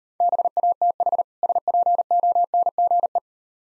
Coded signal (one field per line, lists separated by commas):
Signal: Morse code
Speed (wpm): 39 wpm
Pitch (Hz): 700 Hz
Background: none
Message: BATH SPONGE